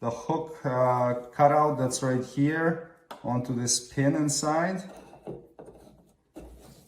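Someone talks while the wiper blade's hook cutout is lined up and slid onto the pin inside the wiper arm of a 2010-2015 Lexus RX350 / RX450h during a wiper insert refill replacement. Brief contact and rubbing noises follow around 5.3 to 6.1 seconds. The blade is only positioned on the pin, and nothing has clicked into place yet.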